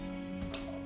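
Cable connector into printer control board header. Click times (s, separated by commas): 0.5 s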